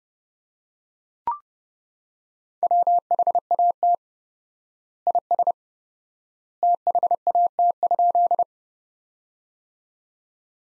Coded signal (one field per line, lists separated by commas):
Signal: Morse code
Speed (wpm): 30 wpm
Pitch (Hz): 700 Hz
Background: none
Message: WHAT IS THAT?